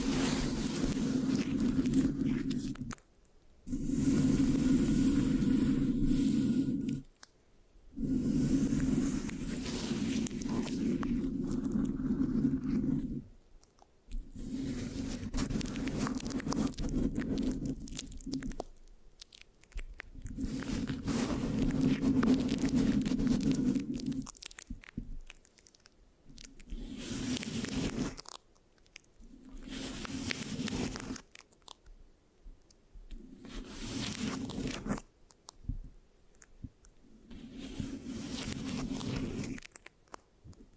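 Scratching and sticky rubbing on a microphone come in rough, dense bursts several seconds long, separated by brief silent gaps about every four to five seconds. The sound is crackly and crunchy with a heavy low rumble, and the later passages turn shorter and choppier.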